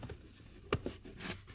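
A plastic cabin filter access door on a Toyota Tundra is pushed into the filter housing behind the glove box. The first side tab snaps in with a sharp click at 0.7 s, followed by a softer knock, and the door is seated.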